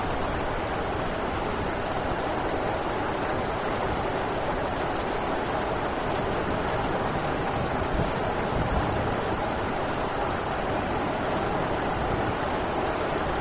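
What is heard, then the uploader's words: Rain falls on a city in a dense, unbroken hiss that holds steady for the whole stretch, filling the low and middle range with a soft roar and a brighter wash above. No single drops or events stand out, only a faint distant rumble underneath. City Rain. You hear the sound of the raindrops hitting the pavement and the distant hum of traffic, as the rain transforms the urban landscape and brings a sense of tranquility and relaxation.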